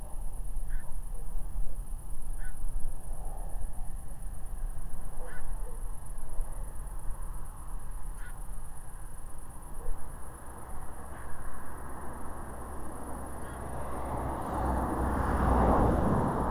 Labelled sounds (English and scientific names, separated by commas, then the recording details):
Black-crowned Night-Heron (Nycticorax nycticorax), unidentified animal sound, man-made sound
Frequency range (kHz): Black-crowned Night-Heron (Nycticorax nycticorax) 0.7-5.3 kHz
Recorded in France